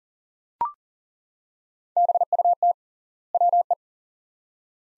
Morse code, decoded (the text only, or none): BUT WE